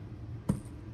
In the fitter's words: Okay, that made a nice click.